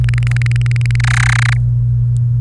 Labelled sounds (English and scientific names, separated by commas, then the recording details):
Domestic Canary (Serinus canaria) song
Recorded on 28 April 2018 at 10:54
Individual llb3